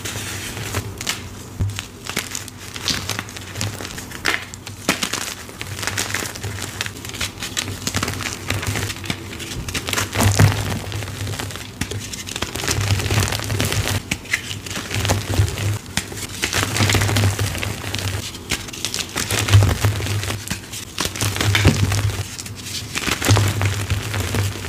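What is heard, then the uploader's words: Soft, crispy crunches of dyed gym chalk come in a dense, uneven stream of dry crackles and powdery crumbles across the whole 25 seconds. Brighter bursts stand out around 10 and 19 seconds, and a low, steady hum runs underneath throughout. Bon Ami Dipped Dyed Gym Chalk ASMR Edits Compilation + 2X SPEED VERSION. Soft crispy powdery crunches of dyed gym chalk asmr and oddly satisfying sounds.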